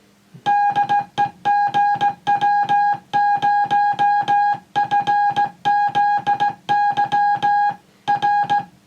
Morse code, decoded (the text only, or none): DE GW0FZY R